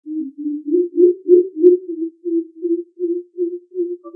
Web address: Crow Pheasant